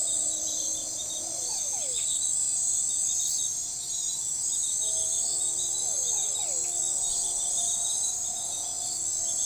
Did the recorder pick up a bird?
no